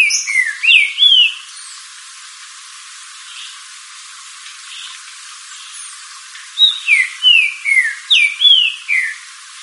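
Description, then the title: Green-winged saltator singing bursts of clear, downward-slurred whistles, a quick phrase at the start and a longer run of falling notes near the end, separated by a quiet hiss. "Trinca Ferro Cantando"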